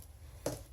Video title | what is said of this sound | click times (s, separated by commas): Ponchtoula Branch Storytime Craft with Ms. Lisa! | when you hear the the click you know your marker lid is on and you won't lose marker juice | 0.5 s